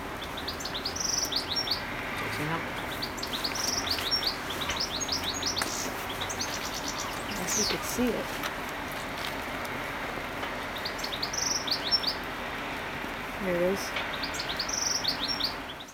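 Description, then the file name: European goldfinch calls: short bursts of high, tinkling twittered notes scattered throughout, some in quick clusters, over a steady rushing background noise. "Carduelis carduelis"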